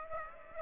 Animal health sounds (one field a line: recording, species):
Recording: mosquito wingbeat signal from an infrared sensor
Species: Aedes aegypti